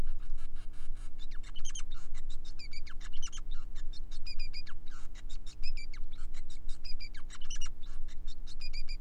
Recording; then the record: song of a male Bengalese finch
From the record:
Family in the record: son of father 5